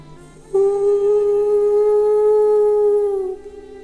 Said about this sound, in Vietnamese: Cuối cùng nó cũng lên được tới đỉnh núi cao ngất, đúng lúc trăng tròn vành vạch. Nhìn vầng nguyệt giữa bầu không tối tăm, Lan Vương hú lên một tràng dài.